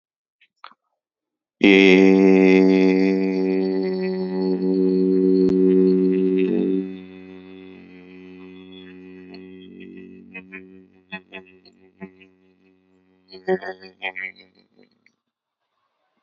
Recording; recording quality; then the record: sustained vowel as in made; excellent, no background noise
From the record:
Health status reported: exposed to COVID-19, no respiratory illness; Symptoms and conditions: none ticked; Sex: male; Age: 26 years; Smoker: not ticked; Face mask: not worn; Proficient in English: yes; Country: India